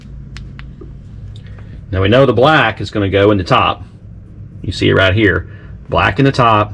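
A freshly crimped wire terminal is pushed into the slot of a plastic light connector housing while wiring the lights on a 1968 Barracuda, and its tongue snaps in with sharp clicks at 0.4 and 0.6 seconds. After a few faint ticks, someone talks. The terminal is seated in the connector.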